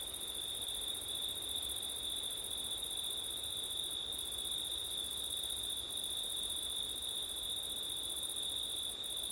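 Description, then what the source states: Crickets sing a constant, shimmering high trill in two layered pitches, with brief dips in the upper band and a low wind rush beneath. Crickets on a September night, with wind; ortif (ORTF) microphone setup.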